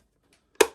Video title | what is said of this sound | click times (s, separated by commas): Pastel Blue Sebo E3 Premium Cylinder Vacuum - Unboxing & Thoughts | and then it clicks back in place | 0.6 s